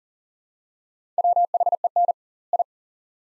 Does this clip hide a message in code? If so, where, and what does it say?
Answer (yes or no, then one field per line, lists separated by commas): yes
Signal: Morse code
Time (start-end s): 1.2-2.6 s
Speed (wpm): 40 wpm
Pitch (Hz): 700 Hz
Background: none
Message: WHEN I